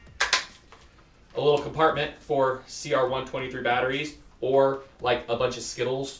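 Pressing a button on the retractable plastic stock of a G&G Firehawk airsoft rifle makes the CR123 battery storage compartment cover pop open with two sharp clicks at 0.2 s and 0.3 s. Someone then talks, and the compartment is left released and open.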